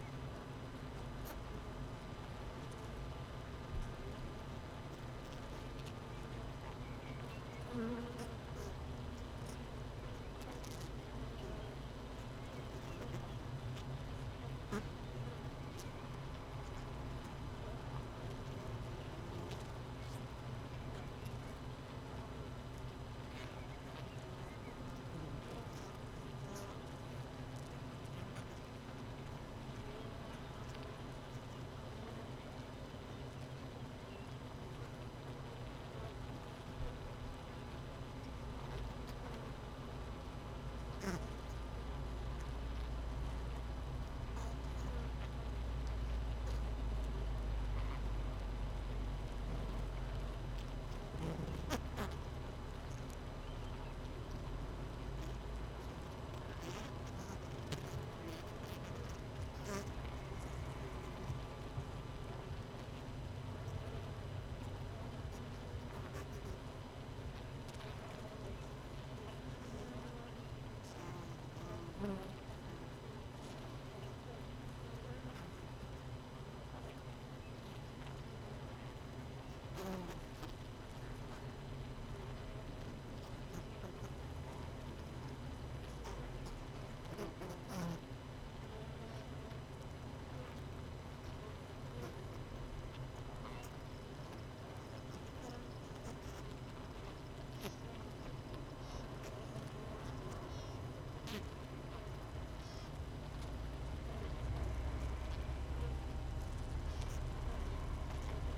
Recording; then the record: honeybee colony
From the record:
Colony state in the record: missing queen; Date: 31 May 2018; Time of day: 17:54